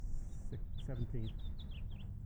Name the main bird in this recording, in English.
House Finch